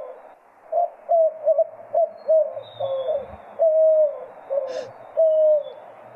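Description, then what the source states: White-winged Dove cooing: a series of deep, hooting coos in an uneven rhythm, some notes drawn out and gently falling. Deep coos that somewhat resemble owl hoots, sometimes mistaken by first-time listeners for an owl calling by day.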